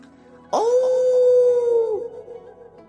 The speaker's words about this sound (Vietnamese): Trong rừng cây rậm rạp, Địa Minh Lăng Khuyển gào thét xuyên qua.